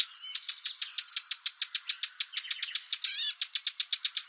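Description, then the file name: Eurasian blackcap giving hard clicking tack calls, repeated quickly and steadily about six times a second, with faint high notes in between. "Sylvia atricapilla"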